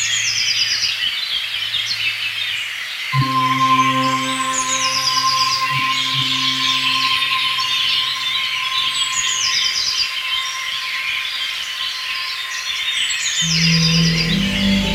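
Spring birds chirp and trill in repeated bright phrases over a steady rushing river. At about three seconds a sustained synthesizer tone rings out, holding steady until around ten seconds, and a low droning note enters near the end.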